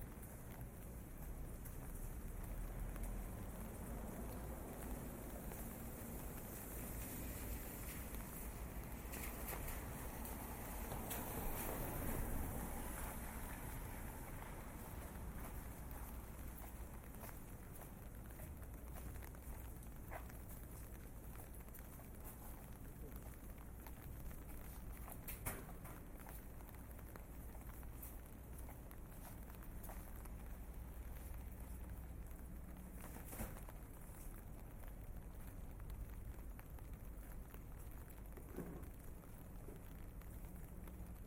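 A walk through rain on the streets of Tokyo, with a steady wash of rainfall filling the whole clip. Scattered sharp knocks and taps, like steps and clogs on wet concrete, break through, clearest near 25 and 33 seconds, over a low traffic rumble.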